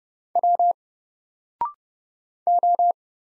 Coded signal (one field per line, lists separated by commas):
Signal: Morse code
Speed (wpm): 30 wpm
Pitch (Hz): 700 Hz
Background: none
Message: W O